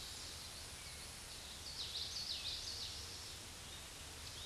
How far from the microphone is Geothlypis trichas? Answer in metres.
about 50 m